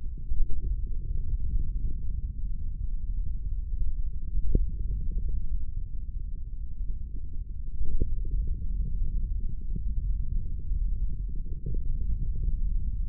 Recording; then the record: forearm muscle sounds (acoustic myography)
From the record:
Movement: hand opening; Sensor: system 3, bracelet of six PUI Audio POM-2738L microphones around the upper forearm, with dedicated amplification and filtering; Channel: 1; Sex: male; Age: 25 years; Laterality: right